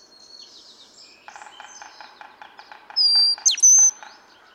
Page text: Birdsong for the Curious Naturalist. Brown-headed cowbird. Flight whistles of two males, three from the first, two from the second (with song of white-breasted nuthatch, drum of yellow-bellied sapsucker). April 10, 2017. Cricket Hill, Conway, Massachusetts